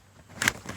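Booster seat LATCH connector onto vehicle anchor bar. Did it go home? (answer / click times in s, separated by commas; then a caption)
yes / 0.5 s. The second LATCH connector of a booster seat is pushed onto the other vehicle anchor bar, giving a brief bright burst of clicking noise around 0.4 s with a slight click at 0.5 s, then a fainter tick near 0.7 s. The connector seats on the anchor bar.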